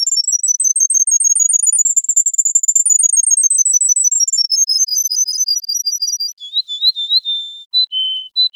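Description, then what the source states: Canary song, a rapid rolling trill that rises and falls in pitch, changing to slower separate chirping notes toward the end. Song made of trills.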